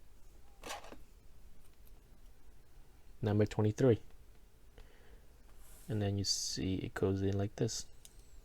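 Part number 23, a plastic piece of a model-kit display stand, is handled and lined up to be pushed into its slot in the stand arm joint while someone talks, with only faint handling noises between the words. Nothing has seated or clicked yet.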